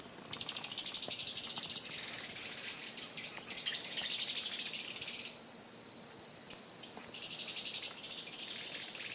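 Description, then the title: Bird singing in two long bouts of fast, high, buzzy trills and twitters, separated by a brief quieter pause with softer notes. "LuckyPassaro"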